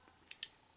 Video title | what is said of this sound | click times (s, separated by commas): 5.7x28MM vs 9MM PX4 Storm SAFTEY FEATURES | it's pretty much locked in right there | 0.3 s, 0.4 s